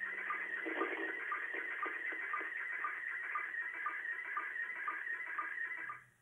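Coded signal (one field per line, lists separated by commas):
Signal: SSTV (slow-scan television)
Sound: warbling, scratchy tones sliding around mid-pitch, with regular short low chirps, through noise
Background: radio static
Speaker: slow scan television is like one television frame but takes like 30 seconds to download one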